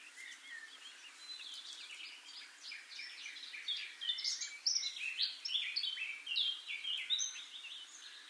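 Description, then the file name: Eurasian blackcap giving a busy run of varied, rapid warbling notes that grow louder midway and include sharp, high chirps, over a soft background hiss. "Sylvia atricapilla"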